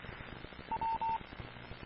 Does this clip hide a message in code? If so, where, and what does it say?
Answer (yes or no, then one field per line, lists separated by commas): no